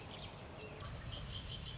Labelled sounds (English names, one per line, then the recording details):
Red-winged Blackbird
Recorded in Sonoma County, California